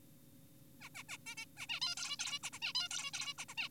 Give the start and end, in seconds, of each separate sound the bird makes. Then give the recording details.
0.81-0.89, 0.95-1.03, 1.09-1.18, 1.26-1.35, 1.38-1.46, 1.58-1.67, 1.69-1.80, 1.82-1.95, 1.97-2.17, 2.19-2.39, 2.43-2.50, 2.53-2.59, 2.62-2.73, 2.75-2.88, 2.91-3.11, 3.14-3.34, 3.38-3.45, 3.49-3.54, 3.58-3.69. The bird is an adult. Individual g4p5U